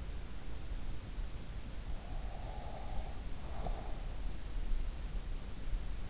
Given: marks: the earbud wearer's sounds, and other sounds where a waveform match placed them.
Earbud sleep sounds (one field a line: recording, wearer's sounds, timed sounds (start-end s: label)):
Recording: sounds in sleep by an in-ear microphone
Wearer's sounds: breath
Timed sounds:
1.81-4.45 s: breath